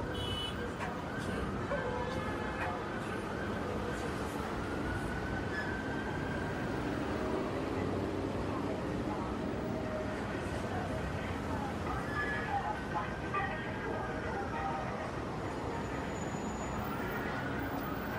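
Brooklyn Bridge soundscape: a steady, dense wash of traffic and voices, with rising and falling siren-like tones drifting through around 7 and 17 seconds.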